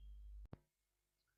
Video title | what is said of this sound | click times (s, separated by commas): Micrometer screw gauge to measure 1/50th of a millimeter - நுண்மானி திருகுகணிச்சியை பயன்படுத்துதல் | the click sound is heard we shouldn't move the ratchet then | 0.5 s